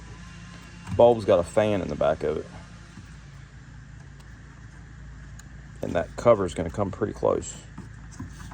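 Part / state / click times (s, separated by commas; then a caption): headlight bulb into headlight housing / not seated / none. An H11 headlight bulb with a fan on its back is handled at the back of a Tahoe headlight housing, in a small space where its cover will come close. Someone talks over a low hum, with brief faint handling ticks near 5.4 and 5.8 seconds. The bulb has not seated or clicked into the housing yet.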